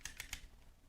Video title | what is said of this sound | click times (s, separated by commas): Car Cup Holder Phone Mount Unboxing and Demo by Andobil | it's nice and smooth you can hear the clicking there | 0.0 s, 0.1 s, 0.2 s, 0.3 s